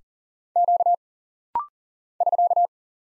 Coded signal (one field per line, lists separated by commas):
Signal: Morse code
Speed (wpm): 40 wpm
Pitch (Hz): 700 Hz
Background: none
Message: Q <SK>